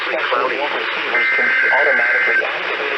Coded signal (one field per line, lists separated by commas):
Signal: Emergency Alert System (SAME) tones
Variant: header bursts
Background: speech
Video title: MORE TESTING... EAS Tests from 3/1/2021-3/31/2021 (EAS #492-501)